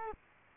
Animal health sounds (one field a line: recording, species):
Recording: mosquito wingbeat signal from an infrared sensor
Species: Culex quinquefasciatus